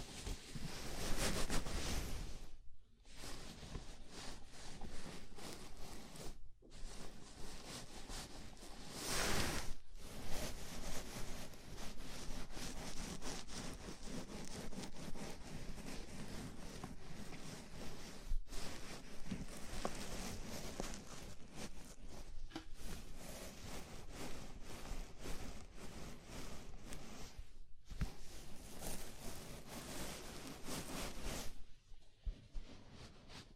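A scalp massage, with fingers rubbing through hair in a dense, continuous scratchy rustle that stays fairly even throughout. Brief silent pauses break it near 3, 6.5, 10, 18.5 and 28 seconds, and a louder brighter burst of scratching comes around 9 seconds.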